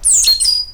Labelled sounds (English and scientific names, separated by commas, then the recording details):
Stitchbird (Notiomystis cincta) song
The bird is a male
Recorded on Tiritiri Matangi Island, New Zealand, in 2005
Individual 12, of nest box 16